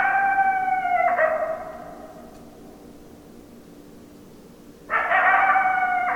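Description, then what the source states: Coyote howls: one ends with a rough break, a quiet pause of several seconds follows, then another steady howl starts. Several coyotes, recorded 10 December 2012.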